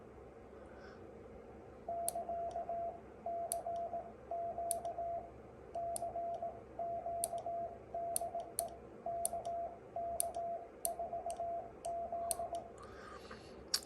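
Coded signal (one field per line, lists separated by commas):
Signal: Morse code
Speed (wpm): 18 wpm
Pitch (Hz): 680 Hz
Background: radio noise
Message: <KA> CQ CQ DE KK4Z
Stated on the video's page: Sent with paddles.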